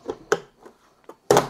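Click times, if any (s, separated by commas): 0.3 s, 1.3 s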